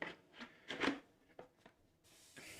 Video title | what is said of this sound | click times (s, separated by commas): 🎯 TARGET EXCLUSIVE SPIN MASTER DC COLLECTION The Flash Movie Batwing & Batman 12" Figure 🎯 | okay that one didn't click as loud as the first one did but | 0.0 s